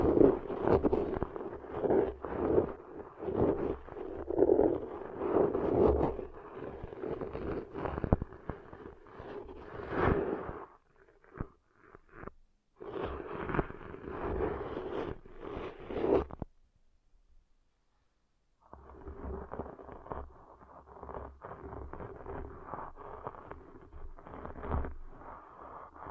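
Deep ear cleaning with dense, rapid scratching and rubbing crackles, a steady low hum beneath, brief silences near 11 and 17 seconds.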